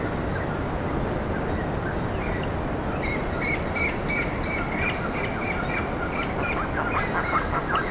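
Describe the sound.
Bird calls, short high chirps entering after a few seconds of hiss and repeating unevenly, with a lower chatter joining near the end.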